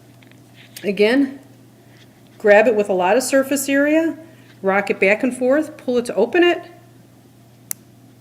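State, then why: Seated. Someone talks while a small metal jewelry jump ring is rocked back and forth with pliers until its two ends pass each other and snap together. A single sharp click at 7.7 seconds marks the ends closing, the sign of a tight close, and the ring is seated.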